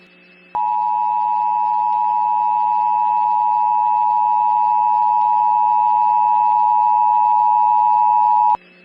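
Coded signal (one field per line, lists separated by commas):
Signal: Emergency Alert System (SAME) tones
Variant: 853 and 960 Hz attention tone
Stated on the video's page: Fictional zombie-themed EAS scenario recreation with valid SAME tones.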